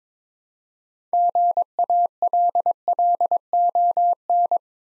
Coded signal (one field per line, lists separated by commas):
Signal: Morse code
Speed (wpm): 22 wpm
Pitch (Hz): 700 Hz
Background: none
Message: GALLON